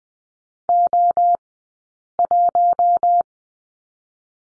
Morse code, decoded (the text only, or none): O 1